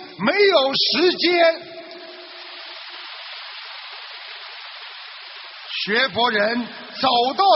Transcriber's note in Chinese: 掌声